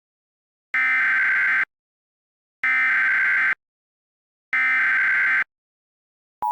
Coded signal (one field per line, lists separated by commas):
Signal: Emergency Alert System (SAME) tones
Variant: header bursts